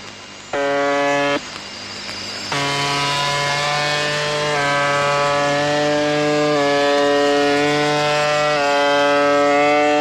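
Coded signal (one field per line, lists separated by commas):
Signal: channel marker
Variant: UVB-76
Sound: harsh low droning buzz with many overtones, shifting slightly every couple of seconds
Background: radio static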